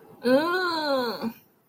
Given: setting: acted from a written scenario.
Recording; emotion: vocal sound without words; pain